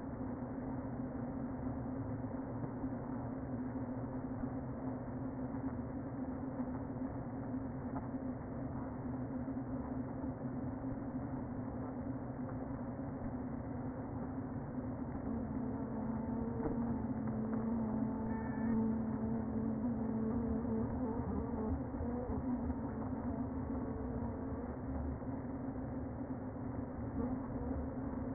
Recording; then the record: honeybee colony, microphone inside the hive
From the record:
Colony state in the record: queen present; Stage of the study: before two queens were removed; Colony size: about 60,000 bees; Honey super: yes